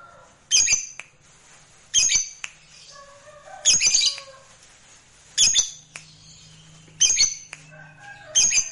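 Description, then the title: Lovebird squawks: loud, harsh screeches roughly every one and a half seconds, mixed with softer wavering notes between them and a low hum. Recording meant to stir a reluctant lovebird into spirited, spontaneous singing right away. "LOVEBIRD Malas Bunyi JADI GREGET SPONTAN Langsung NARIK"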